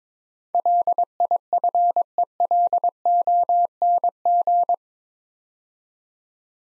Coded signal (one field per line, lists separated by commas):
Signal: Morse code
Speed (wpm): 22 wpm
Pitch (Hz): 700 Hz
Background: none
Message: LIFELONG